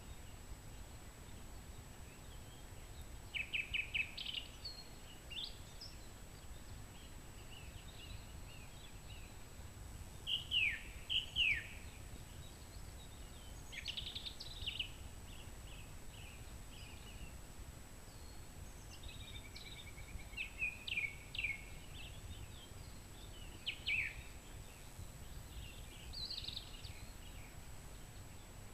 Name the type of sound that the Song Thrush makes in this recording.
song